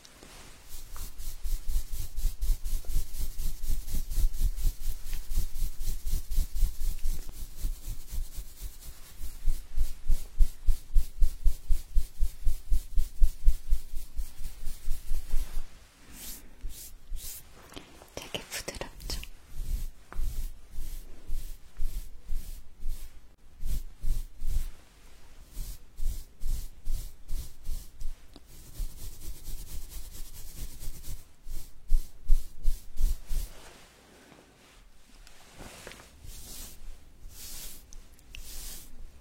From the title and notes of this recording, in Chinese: 按摩耳朵3（声控助眠）。